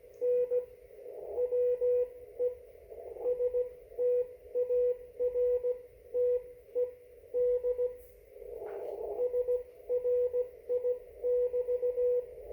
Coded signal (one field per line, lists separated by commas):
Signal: Morse code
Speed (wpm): 16 wpm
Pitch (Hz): 490 Hz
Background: radio noise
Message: N WE STARTED SRI<BT>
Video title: 1 watt CQ and CW (Morse code) ham amateur radio conversation 2020-11-24, 17:07 UTC